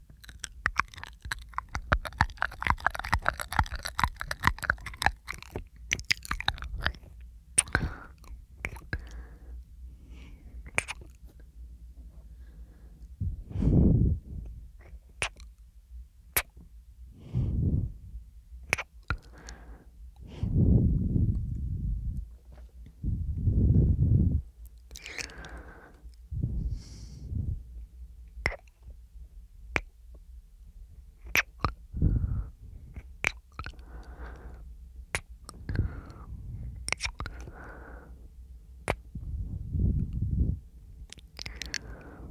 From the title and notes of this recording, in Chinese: 口腔音+呼吸，asmr。